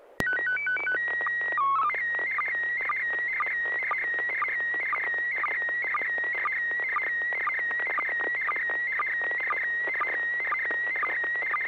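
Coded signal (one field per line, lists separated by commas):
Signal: SSTV (slow-scan television)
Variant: PD 120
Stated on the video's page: SSTV net on a 441.300 MHz FM repeater, images sent with MMSSTV.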